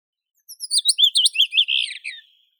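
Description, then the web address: Blue rock thrush song, one brisk phrase of many quick, looping whistled notes that ends in a slurred falling flourish. "Monticola solitarius song. birds of the ussr"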